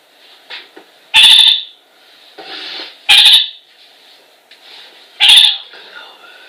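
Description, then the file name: Parakeet giving three loud, harsh, grating calls about two seconds apart, with softer chattering notes between them. "kakariki zvuki"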